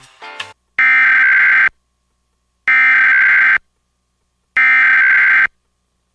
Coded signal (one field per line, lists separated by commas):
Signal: Emergency Alert System (SAME) tones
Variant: header bursts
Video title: EAS Mock: Test TOR before Test TOA before RWT before RMT (Requested)